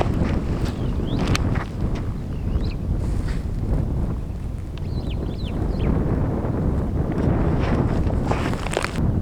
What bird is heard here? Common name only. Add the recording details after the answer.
Superb Starling. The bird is a female. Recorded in Kenya on 19 July 2010. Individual 37, of group DRT2